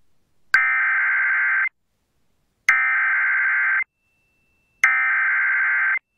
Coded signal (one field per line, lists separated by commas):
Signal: Emergency Alert System (SAME) tones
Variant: header bursts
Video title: TORNADIC NIGHTMARE II: NASHVILLE'S TOR CHAOS... EAS Alerts from 12/9/23 (EAS #3,293 - 3,336)